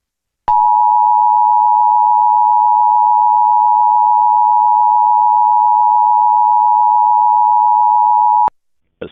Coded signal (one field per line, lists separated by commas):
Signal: Emergency Alert System (SAME) tones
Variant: 853 and 960 Hz attention tone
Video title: EAS Mock: What if Texas used IPAWSCAP on RMT?